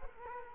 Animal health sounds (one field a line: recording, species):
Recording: mosquito wingbeat signal from an infrared sensor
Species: Culex quinquefasciatus